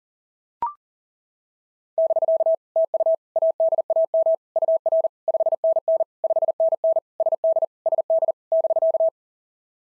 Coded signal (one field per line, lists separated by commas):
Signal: Morse code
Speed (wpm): 37 wpm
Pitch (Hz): 660 Hz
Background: none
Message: <BK> TU ADAM UR 5NN 5NN SD SD <BK>